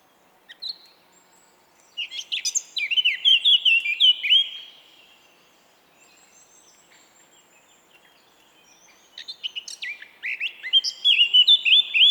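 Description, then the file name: Eurasian blackcap song: a short note, then a quick scratchy warble breaking into rich whistled phrases, repeated after a pause of several seconds. "Sylvia atricapilla"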